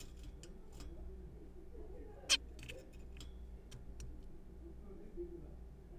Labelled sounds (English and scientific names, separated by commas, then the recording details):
Zebra Finch (Taeniopygia guttata)
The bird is a juvenile
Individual R3428